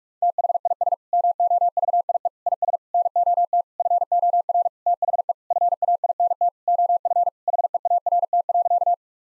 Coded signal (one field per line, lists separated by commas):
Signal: Morse code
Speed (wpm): 46 wpm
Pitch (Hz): 700 Hz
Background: none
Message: THIS MOVIE IS NOT FOR THE FAINT OF HEART.